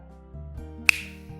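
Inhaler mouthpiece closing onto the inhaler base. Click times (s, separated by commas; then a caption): 0.9 s. After the capsule is placed in the chamber, the plastic mouthpiece of a dry-powder inhaler is closed onto the inhaler base. One sharp click is heard at 0.9 s over background music, showing that the mouthpiece has clicked shut and is seated.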